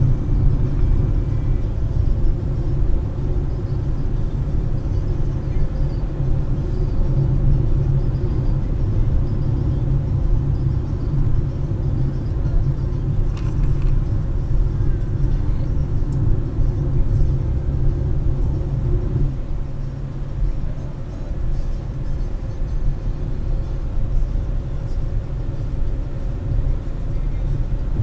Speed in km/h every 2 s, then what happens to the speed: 108, 113, 117, 121, 114, 109, 107, 105, 109, 113, 117, 120, 123, 127.
0-6 speeds up to 121. 6-14 slows to 105. 14-28 speeds up to 127.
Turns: none.